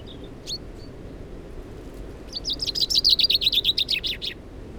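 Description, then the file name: Common chaffinch song: a few soft call notes, then a fast trill of high notes that gradually descends. "Fringilla coelebs"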